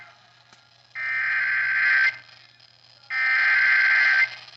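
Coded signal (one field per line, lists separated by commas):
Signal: Emergency Alert System (SAME) tones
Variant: header bursts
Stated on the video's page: Live captured EAS tones from severe weather alerts, which may contain valid tones.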